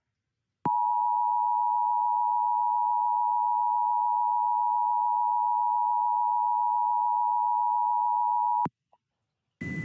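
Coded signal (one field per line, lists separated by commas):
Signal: Emergency Alert System (SAME) tones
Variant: 853 and 960 Hz attention tone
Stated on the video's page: Mock EAS alert, made during a live stream tutorial.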